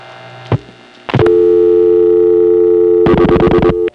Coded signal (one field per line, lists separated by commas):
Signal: telephone call progress tone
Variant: North America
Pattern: dial tone